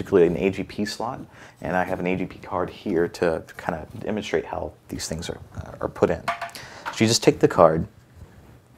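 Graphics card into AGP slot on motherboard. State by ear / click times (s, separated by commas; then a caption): not seated / none. Someone talks while handling a demonstration AGP graphics card at the AGP slot on a motherboard, which has a retention latch to hold the card. Speech fills the clip, with no distinct click or snap. The card has not gone home in the slot and nothing has seated or clicked yet.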